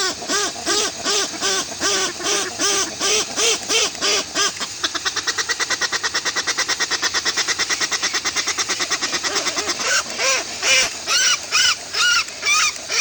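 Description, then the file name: Westland petrel song: hoarse arched notes in a steady run, breaking into a long fast rattling series, then returning to the slower arched notes. "westland black petrel song"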